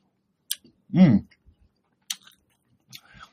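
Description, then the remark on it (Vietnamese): Crunchy chewing of coconut cake as someone bites into it to taste it: three sharp, crisp crunches spaced about a second apart, with a short hummed vocal sound between the first two. “Khi mà cắn vô mọi người, nó nghe sực sực sực ở đây nè, cái hàm nhai đó”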